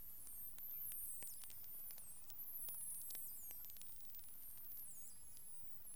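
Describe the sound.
Whale calls as a dense tangle of high, wavering whistles that rise and fall, mixed with quick clicks and a constant background hiss underneath.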